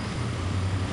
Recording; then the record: background sound without coughing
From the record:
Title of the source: 30 MINUTES Construction Site Ambience (CC BY 4.0)